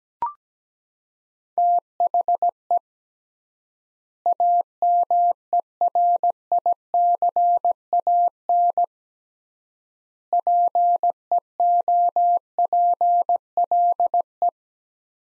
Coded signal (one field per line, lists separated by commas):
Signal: Morse code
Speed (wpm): 17 wpm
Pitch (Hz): 700 Hz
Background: none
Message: THE AMERICAN PEOPLE